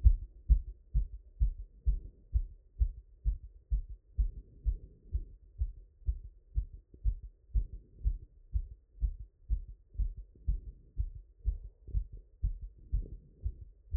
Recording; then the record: heart sounds by stethoscope after running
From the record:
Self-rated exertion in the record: very light exertion (1 of 6); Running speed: 5 mph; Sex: male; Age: 23 years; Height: 170 cm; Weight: 84 kg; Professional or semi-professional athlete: no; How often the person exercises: 3 to 5 times a week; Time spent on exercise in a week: 3 to 4 hours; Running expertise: no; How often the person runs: under once a week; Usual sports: weight training, volleyball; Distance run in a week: 1 km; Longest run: 10 km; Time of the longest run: 67 minutes